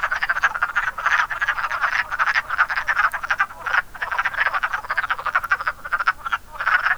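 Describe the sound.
Wood frogs giving steady clucking croaks in a crowded chorus, pulsed calls overlapping into a continuous, rough chuckling din.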